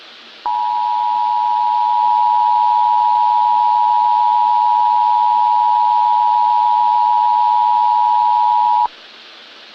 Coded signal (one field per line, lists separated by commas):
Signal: Emergency Alert System (SAME) tones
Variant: 853 and 960 Hz attention tone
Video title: Behind The Light - An EAS Scenario / Analog Horror (Obelisk: Part II)